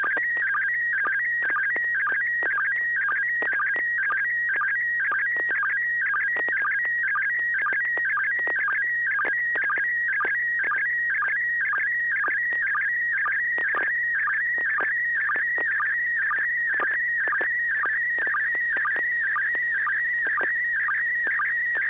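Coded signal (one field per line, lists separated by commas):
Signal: SSTV (slow-scan television)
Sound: warbling electronic tone sliding between pitches, with regular short lower chirps throughout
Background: steady low hum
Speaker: right after this i'll be asking you to send a photo and as usual if you could let us know what mode you're going to transmit in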